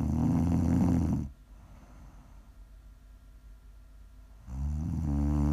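Two loud, rough, low-pitched snoring breaths from an adult during sleep, separated by a quiet pause of about three seconds.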